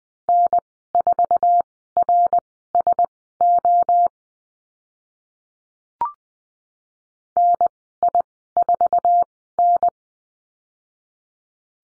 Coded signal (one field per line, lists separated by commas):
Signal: Morse code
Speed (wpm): 20 wpm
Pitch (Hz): 700 Hz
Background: none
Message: N4RSO NI4N